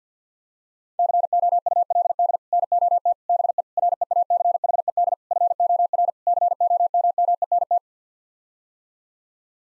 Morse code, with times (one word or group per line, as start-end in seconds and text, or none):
1.0-2.4 COULD
2.5-3.1 NOT
3.3-3.6 BE
3.8-5.1 REACHED
5.3-6.1 FOR
6.3-7.8 COMMENT